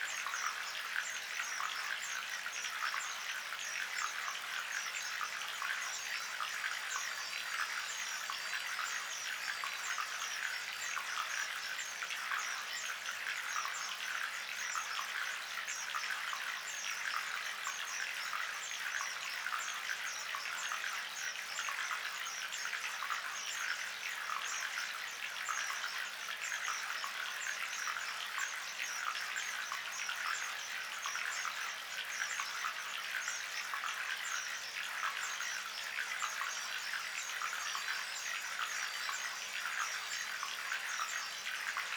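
Gentle running water flows without pause for the whole clip, a dense, even hiss with a fine bubbling texture. The sound sits in the bright upper range with almost no low rumble, and its level holds steady throughout.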